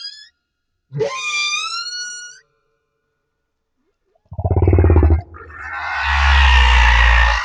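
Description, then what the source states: Humpback whale song with a high whistled tone sliding upward, then a rapid pulsed grunt series leading into a long roaring, noisy unit. Madagascar.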